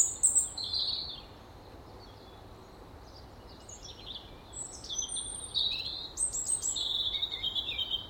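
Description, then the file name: European robin song, high thin warbling phrases with quick trills and slurred notes, a short burst at the start then a longer run of varied phrases near the end. "Erithacus rubecula"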